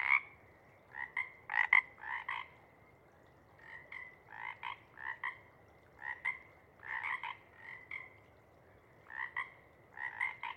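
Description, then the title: Pacific chorus frogs in an active chorus, many two-note ribbits coming in waves, several frogs answering one another. Pacific chorus frog chorus at a pond in pre-morning twilight as late night wanes; temperature torpor sets in, individuals leave to hunt; chorus breaks into successive waves circling the pond, then staccato sections tapering away. "Chorus Frogs, Chorus Waxes and Wanes, pre-morning-twilight"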